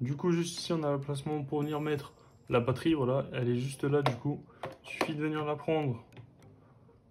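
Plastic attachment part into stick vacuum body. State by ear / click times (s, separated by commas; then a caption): not seated / none. Someone talks while handling a plastic attachment part for a Redroad V17 cordless stick vacuum, getting ready to push it onto the vacuum body. The part has not seated or clicked into place yet.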